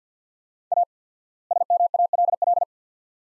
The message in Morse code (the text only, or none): A SMALL